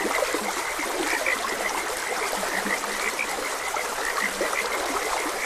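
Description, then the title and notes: Overlapping frog calls, quick repeated high croaks mixed with lower grunting notes, over the even wash of a flowing stream. Frogs croaking beside a gentle stream. "Gentle Stream and Frogs Croaking - Calming Sounds of Nature. Sleep and Relaxation Podcast"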